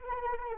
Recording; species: mosquito wingbeat signal from an infrared sensor; Anopheles arabiensis